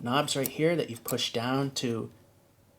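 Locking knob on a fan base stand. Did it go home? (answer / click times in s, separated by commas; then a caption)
no / none. Someone talks about the small knobs on the base stand of an assembled Kenmore Comfort 16-inch high velocity floor fan, which are pushed down to lock the stand into place. Only speech is heard, then a quiet tail. Nothing has seated or clicked yet.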